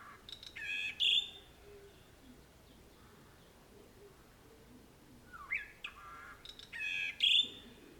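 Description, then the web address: Bird song: a loud chirped phrase in the first second, a quiet gap, then several rising and falling chirps building to another loud burst near the end. Birds recorded in the morning, June 2009. "2009-06-morning-birds morningbirds"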